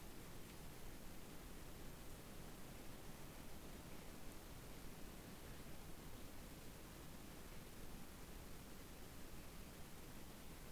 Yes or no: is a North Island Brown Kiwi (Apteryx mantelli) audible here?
no